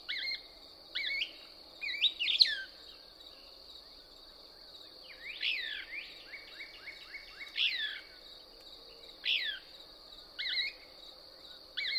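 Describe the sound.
Couch's Kingbird singing bright descending twitters and a rapid run of stepped chips, spaced throughout, against a steady high buzzing insect tone.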